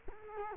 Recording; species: mosquito wingbeat signal from an infrared sensor; Culex quinquefasciatus